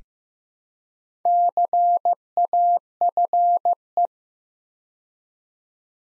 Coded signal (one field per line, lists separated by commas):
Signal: Morse code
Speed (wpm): 15 wpm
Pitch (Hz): 700 Hz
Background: none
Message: CAFE